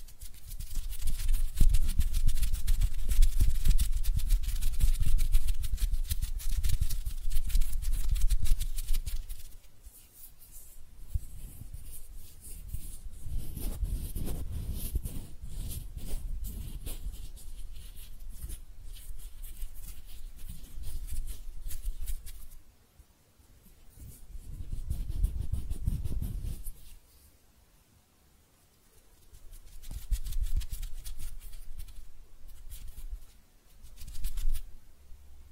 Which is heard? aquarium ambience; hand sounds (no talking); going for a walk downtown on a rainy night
hand sounds (no talking)